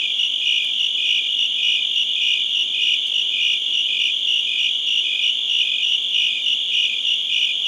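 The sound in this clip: Crickets chirping in a shrill continuous chorus, pulses coming a little under twice per second over a steady high drone.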